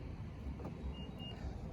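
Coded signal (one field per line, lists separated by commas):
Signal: beep code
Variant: Nissan Intelligent Key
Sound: two short high beeps in quick succession over outdoor rumble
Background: outdoor traffic noise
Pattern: 2 short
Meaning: Two beeps confirm the vehicle is locked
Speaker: one push two beeps means it's locked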